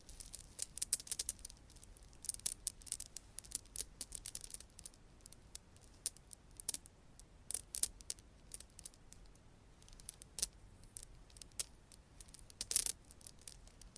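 Long nails scratch and tap against a microphone, making rapid bright crackles in irregular bursts, with sharper clicks around two, eight and thirteen seconds.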